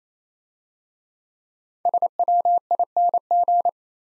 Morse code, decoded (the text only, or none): SWING